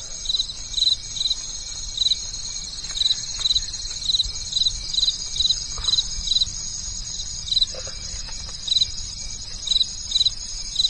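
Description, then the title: Insects chirp in rapid pulsed groups repeated steadily throughout, over a continuous high-pitched drone. At night. "From night to morning, the sound of nature and insects at night"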